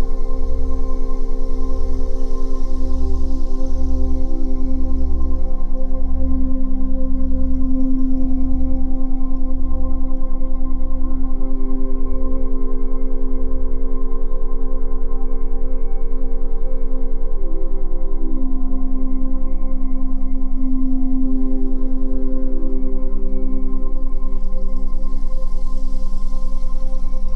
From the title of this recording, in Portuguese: Frequência 10Hz + 20 Hz